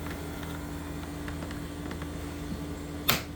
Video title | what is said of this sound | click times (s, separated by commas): Pella window installation | hear it click in click | 3.1 s